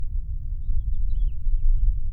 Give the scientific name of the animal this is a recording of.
Haemorhous mexicanus